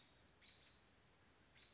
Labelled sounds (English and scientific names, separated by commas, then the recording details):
Western Flycatcher (Empidonax difficilis)
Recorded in Sonoma County, California